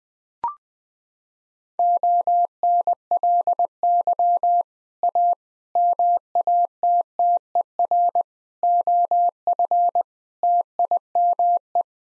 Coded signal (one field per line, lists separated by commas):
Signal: Morse code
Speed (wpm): 20 wpm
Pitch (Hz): 700 Hz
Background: none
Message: ONLY A MATTER OF TIME